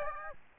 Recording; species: mosquito wingbeat signal from an infrared sensor; Aedes aegypti